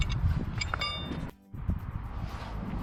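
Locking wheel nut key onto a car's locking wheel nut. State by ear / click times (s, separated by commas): seated / 0.7 s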